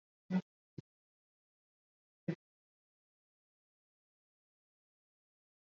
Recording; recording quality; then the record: shallow breathing; moderate, slight background noise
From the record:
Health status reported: COVID-19 positive, no symptoms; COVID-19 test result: positive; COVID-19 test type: RT-PCR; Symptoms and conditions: muscle pain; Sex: male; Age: 28 years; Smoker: no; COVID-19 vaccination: both doses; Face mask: not worn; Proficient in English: no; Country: India